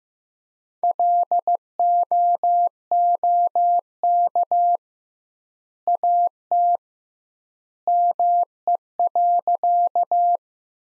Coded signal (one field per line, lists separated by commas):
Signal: Morse code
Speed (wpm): 15 wpm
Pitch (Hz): 700 Hz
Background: none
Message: LOOK AT ME.